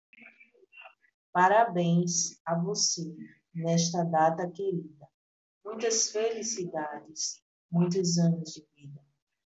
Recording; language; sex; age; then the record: short text; Brazilian Portuguese; female; 40 to 49 years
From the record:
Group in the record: control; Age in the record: 44 years